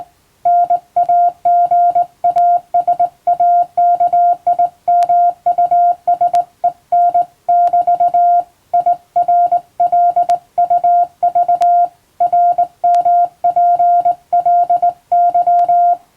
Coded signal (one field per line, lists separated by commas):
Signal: Morse code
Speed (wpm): 19 wpm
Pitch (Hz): 700 Hz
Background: music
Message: NAGASAKI MUSEN<BT> IRLUV RMPLY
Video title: 【morse code practice】This is practice video for radio operator license. In japan, R/O needs 16wpm.